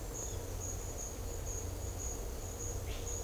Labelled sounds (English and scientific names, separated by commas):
none